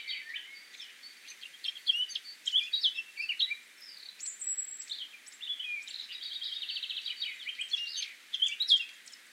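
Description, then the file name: Eurasian blackcap song: a long, continuous, varied warble mixing quick chirps, buzzy runs and one high sustained whistle, steady throughout. "Sylvia atricapilla"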